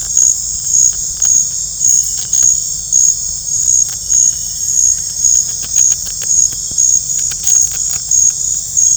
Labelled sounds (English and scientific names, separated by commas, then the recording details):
none
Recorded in dense forest near Puerto Asís, Putumayo, Colombia, on 20 December 2024 at 21:00
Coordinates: 0.468, -76.322
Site G071